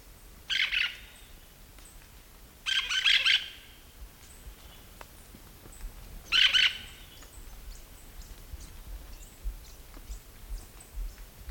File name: hispaniolan parakeet